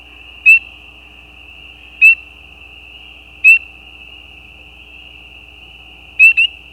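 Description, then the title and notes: Spring peeper mating call: four isolated, clear, upslurred peeps spaced one to three seconds apart, the last doubled, over a steady high hum. Mating calls of peeper frogs, given as individual calls with gaps; recorded at night at the side of a gravel road. "Peepers peeping. Peeper frogs mating calls - the calls are more individual with gaps in the recording. Recorded at the side of a gravel road at night. Recorded by Anton Pickard. Part of the Music for Sleep project"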